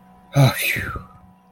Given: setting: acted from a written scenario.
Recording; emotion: vocal sound without words; relief